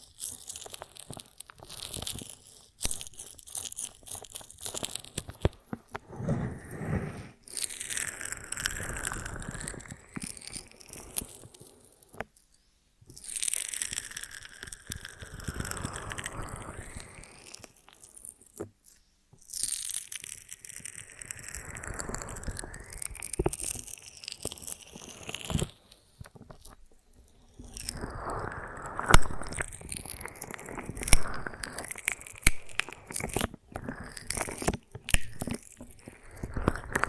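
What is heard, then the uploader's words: Honeycomb on a branch is handled and broken apart in repeated bouts of sticky crackling, tearing and crunching, each lasting several seconds with short quiet gaps between. Bright wet clicks and snaps pile up densely, and a low thump occasionally sounds under the crackle. ASMR of a Honeycomb on Branch (No Talking).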